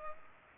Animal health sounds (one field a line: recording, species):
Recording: mosquito wingbeat signal from an infrared sensor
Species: Culex pipiens